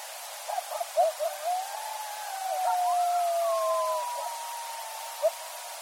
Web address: sounds mammals Coyote 2013 01 14 Coyotes